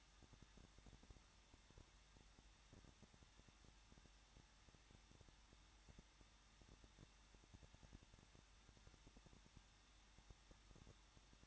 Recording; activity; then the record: daily activity, microphone in the room; no activity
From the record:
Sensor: 3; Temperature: 21.2 degrees Celsius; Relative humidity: 36.3%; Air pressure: 1006.3 hPa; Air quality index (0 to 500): 222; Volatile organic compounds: 41 ppm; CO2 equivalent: 3162 ppm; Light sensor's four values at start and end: 2/3/2/2 and 2/3/2/2